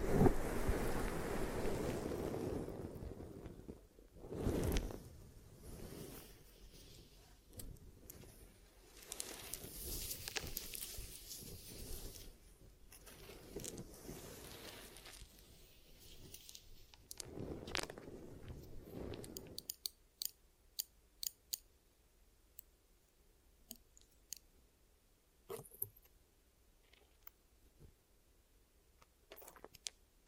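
Ear massage and cleaning: loud rubbing and muffled rustles, then quieter sparse clicks and scratches after about twenty seconds.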